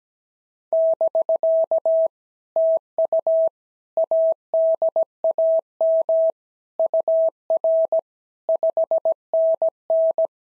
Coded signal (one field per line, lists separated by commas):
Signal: Morse code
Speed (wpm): 17 wpm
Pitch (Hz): 650 Hz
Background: none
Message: <BK> TU ADAM UR 5NN